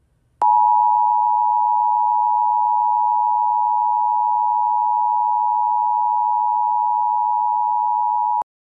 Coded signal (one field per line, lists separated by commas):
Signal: Emergency Alert System (SAME) tones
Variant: 853 and 960 Hz attention tone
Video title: EAS Mock: Statewide Required Monthly EAS Test. On WSSN EAS Test Slide (READ DESCRIPTION FOR CREDIT)